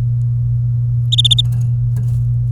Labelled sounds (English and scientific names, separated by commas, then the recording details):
Domestic Canary (Serinus canaria) song
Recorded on 24 April 2018 at 09:57
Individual llb3